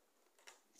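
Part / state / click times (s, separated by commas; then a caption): coupling into model locomotive coupling mount / seated / 0.5 s. A plastic coupling on a model 0-4-0 locomotive, which had come undone from its original position, is pushed back into its coupling mount. After faint handling noise, a sharp click at 0.5 s shows the coupling seating back in place.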